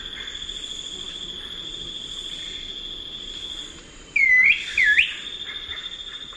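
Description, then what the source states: Blue-backed manakin giving two quick slurred whistled notes, dipping then rising, against a constant high-pitched insect hum. Recorded in the eastern lowlands of South America.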